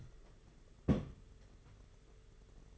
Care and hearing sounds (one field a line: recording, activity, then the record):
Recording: daily activity, microphone in the room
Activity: place on stove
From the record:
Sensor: 4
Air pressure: 991.9 hPa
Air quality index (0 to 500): 86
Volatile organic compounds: 7 ppm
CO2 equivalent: 1950 ppm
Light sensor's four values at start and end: 21/74/27/29 and 21/74/27/29